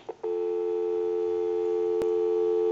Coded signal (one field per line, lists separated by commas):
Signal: telephone call progress tone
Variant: North America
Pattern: dial tone